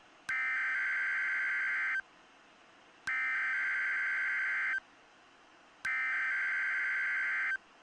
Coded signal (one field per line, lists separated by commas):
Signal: Emergency Alert System (SAME) tones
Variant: header bursts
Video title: EAS Screen Showcase! (My Version)